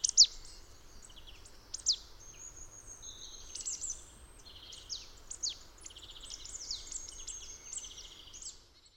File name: Poecile palustris